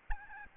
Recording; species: mosquito wingbeat signal from an infrared sensor; Aedes albopictus